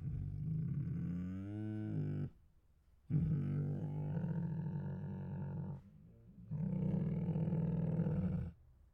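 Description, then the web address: Tiger moans, three long rumbling groans separated by short pauses, the first wavering and slightly rising in pitch. Hungry tiger groans, huffs, moans and snores. "Sound Ideas Tigers Sound Effects Hungry Groans, Huffs, Moans and Snores"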